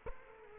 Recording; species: mosquito wingbeat signal from an infrared sensor; Culex quinquefasciatus